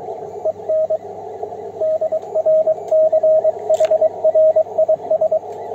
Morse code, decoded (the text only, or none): EN DR CHRIS